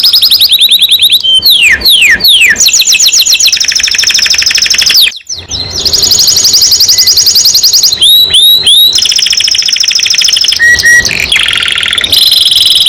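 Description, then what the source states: Canary song, long and varied: rapid trills, falling swoops, sustained high whistles and rolling phrases, interrupted by a brief pause before resuming vigorously. Singing constantly (gacor) domestic canary, described as a first-place champion.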